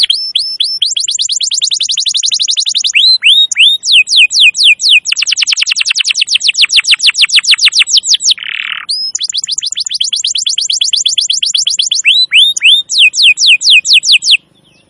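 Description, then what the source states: Canary singing continuous rolling tours of fast, repeated upsweeping notes, with high thin notes above and one brief harsher burst midway. Used as a lure recording for birds.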